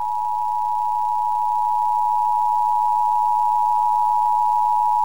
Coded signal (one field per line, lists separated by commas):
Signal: Emergency Alert System (SAME) tones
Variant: 853 and 960 Hz attention tone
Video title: EAS: Pennsylvania Required Monthly Tests (4/16/20)(EAS #316-321)